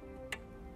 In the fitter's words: we'll plug it into the appropriate slot make sure it locks in place now